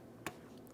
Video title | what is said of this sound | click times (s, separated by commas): How to Replace Front Window Motors 2003-2008 Toyota Matrix 1.8L L4 | Press it in. We'll listen for a click from that. Double check. Make sure it's secured. | 0.3 s